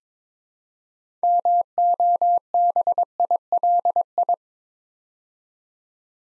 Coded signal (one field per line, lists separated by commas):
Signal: Morse code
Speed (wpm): 23 wpm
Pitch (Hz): 700 Hz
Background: none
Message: MOBILI